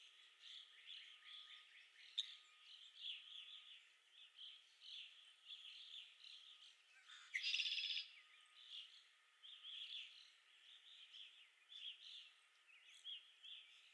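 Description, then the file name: Red-winged blackbird calls amid a dense, continuous chorus of chattering chips, with one loud buzzy trill bursting out near the middle. Recorded at Okalees on 5 May 2021. "2021-05-05 RWBL 26 Okalees"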